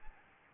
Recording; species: mosquito wingbeat signal from an infrared sensor; Aedes albopictus